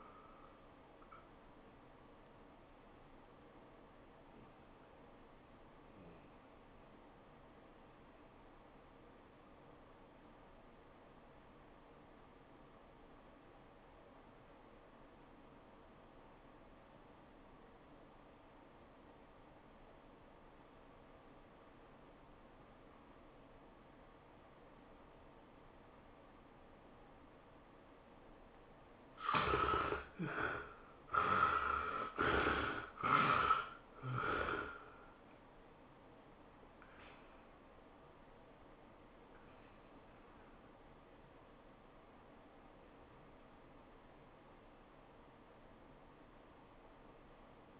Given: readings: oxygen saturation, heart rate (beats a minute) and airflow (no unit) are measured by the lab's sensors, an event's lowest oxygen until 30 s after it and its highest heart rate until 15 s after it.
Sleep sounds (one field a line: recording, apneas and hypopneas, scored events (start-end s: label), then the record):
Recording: breathing in sleep by a voice recorder at the bedside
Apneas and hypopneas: 1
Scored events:
6.00-30.40 s: obstructive apnea (REM, oxygen 91% highest, then 66% lowest, heart rate 85 at the start, 112 highest)
From the record:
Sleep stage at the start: REM sleep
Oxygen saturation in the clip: 58 to 91%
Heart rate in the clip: 72 to 114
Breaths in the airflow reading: 6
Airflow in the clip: -17.4 to 11.2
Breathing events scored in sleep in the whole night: 403 in 5.5 hours asleep